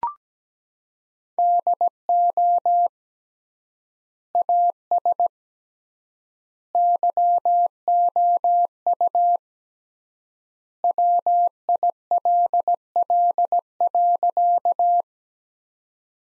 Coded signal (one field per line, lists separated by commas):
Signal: Morse code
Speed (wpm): 17 wpm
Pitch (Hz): 700 Hz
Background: none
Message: DO AS YOU WILL.